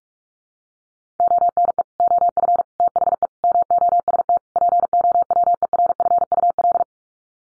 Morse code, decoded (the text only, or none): ONE OF THE MOST POWERFUL